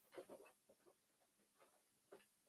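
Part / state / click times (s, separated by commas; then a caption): plastic figure part into the base of the figure / not seated / none. A soft plastic part is pushed into the bottom of a large plastic transforming figure, giving a run of faint rubbing and tapping sounds with a couple of soft hits. The soft plastic helps it go in, but it does not lock into place, and nothing has seated or clicked yet.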